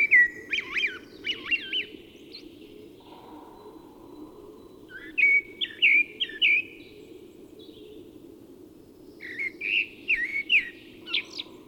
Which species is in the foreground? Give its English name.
Common Blackbird